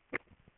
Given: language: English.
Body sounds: throat vibration sensor signal played as sound; swallow

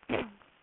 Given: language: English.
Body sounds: throat vibration sensor signal played as sound; throat clearing

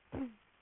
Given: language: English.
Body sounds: throat vibration sensor signal played as sound; throat clearing

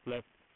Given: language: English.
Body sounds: throat vibration sensor signal played as sound; speech

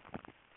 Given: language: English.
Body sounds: throat vibration sensor signal played as sound; swallow

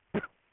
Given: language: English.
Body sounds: throat vibration sensor signal played as sound; cough

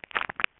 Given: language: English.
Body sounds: throat vibration sensor signal played as sound; swallow

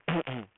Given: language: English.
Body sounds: throat vibration sensor signal played as sound; throat clearing

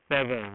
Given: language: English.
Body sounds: throat vibration sensor signal played as sound; speech

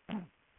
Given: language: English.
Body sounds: throat vibration sensor signal played as sound; throat clearing

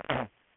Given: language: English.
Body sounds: throat vibration sensor signal played as sound; throat clearing

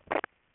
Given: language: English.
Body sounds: throat vibration sensor signal played as sound; swallow

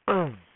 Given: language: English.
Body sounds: throat vibration sensor signal played as sound; throat clearing

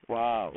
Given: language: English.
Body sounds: throat vibration sensor signal played as sound; speech

